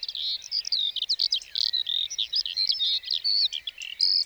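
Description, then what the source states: Lark song: dense, fast jumble of high twittering notes, slurred whistles and brief trills in a continuous flow. Sings perched atop a bush before full daybreak, for about a quarter hour before flying off; Plateau de Lesches-en-Diois, 29 March 2020; Nagra Seven, stereo, cardioid MKH40.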